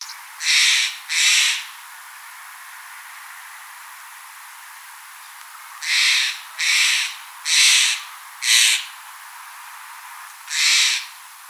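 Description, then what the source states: Steller's jay giving harsh, scratchy kwesh calls, a pair, then a pause, then a run of four and a final single note, over steady background hiss. Harsh "kwesh" call type.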